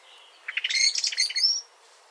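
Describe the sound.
Eurasian blackbird uttering one quick series of clicking notes that build into a high-pitched squeaky twitter before stopping abruptly.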